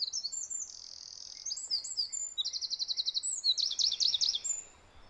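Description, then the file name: Eurasian wren singing a high, fast song of piercing whistles running into rapid rattling trills, loud and continuous for about four and a half seconds. "Troglodytes troglodytes"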